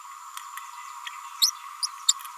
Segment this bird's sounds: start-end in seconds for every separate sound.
1.41-1.51, 1.82-1.87, 2.08-2.14